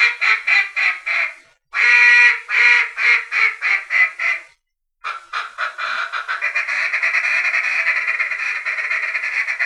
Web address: Duck -Mallard